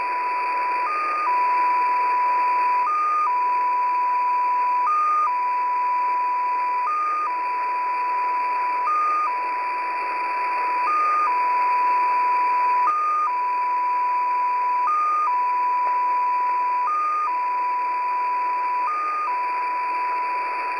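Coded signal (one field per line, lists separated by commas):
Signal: numbers station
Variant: XPA2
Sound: steady hum-like tone with a short higher blip every two seconds, over hiss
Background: radio static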